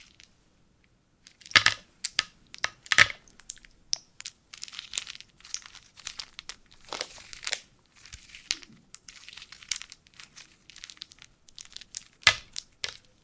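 A "wooden soup" of small wooden pieces being stirred and jostled starts after a second of silence. Dense, irregular, bright crackling and crunching runs throughout, with sharp louder knocks near 1.5, 3 and 12 seconds.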